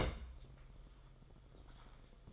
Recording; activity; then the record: daily activity, microphone in the room; place on stove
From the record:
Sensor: 5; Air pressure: 994.5 hPa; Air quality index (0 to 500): 191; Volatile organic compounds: 1000 ppm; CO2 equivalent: 5615 ppm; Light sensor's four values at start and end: 43/129/51/56 and 43/131/52/56